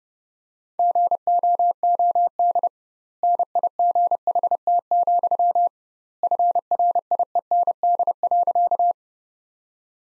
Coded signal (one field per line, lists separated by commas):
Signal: Morse code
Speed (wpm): 32 wpm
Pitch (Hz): 700 Hz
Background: none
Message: GOOD NIGHT, FRIEND.